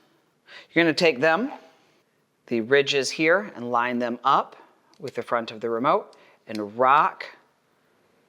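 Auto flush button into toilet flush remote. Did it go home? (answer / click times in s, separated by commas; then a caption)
no / none. Someone talks while lining up the ridges of a plastic TOTO auto-flush button with the front of the flush remote, about to rock it down at the back into a TOTO Aquia IV top-button flush remote. Only speech with brief pauses is heard, and no click occurs. Nothing has seated or clicked yet.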